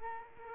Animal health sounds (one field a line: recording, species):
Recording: mosquito wingbeat signal from an infrared sensor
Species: Culex quinquefasciatus